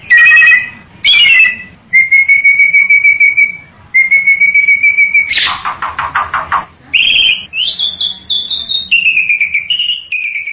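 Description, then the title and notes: Bali myna song: clear whistled notes, a long steady whistle held twice, a harsh buzzy burst, then rising and falling whistled phrases in quick sequence. "Jalak Bali. Kicau Burung Jalak"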